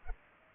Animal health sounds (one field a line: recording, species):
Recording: mosquito wingbeat signal from an infrared sensor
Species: Culex pipiens